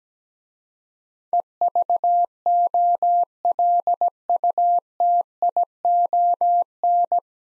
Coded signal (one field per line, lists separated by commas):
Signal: Morse code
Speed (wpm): 17 wpm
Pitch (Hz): 700 Hz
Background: none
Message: EVOLUTION